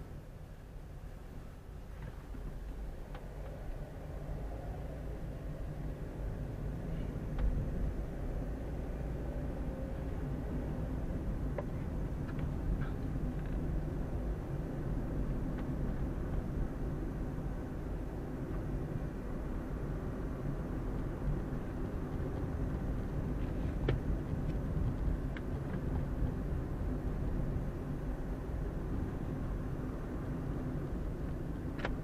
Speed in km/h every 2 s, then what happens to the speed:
8, 8, 14, 19, 24, 28, 29, 31, 32, 32, 32, 31, 31, 31, 32, 30.
2-15 speeds up to 32. 15-32 steady at about 31.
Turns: none.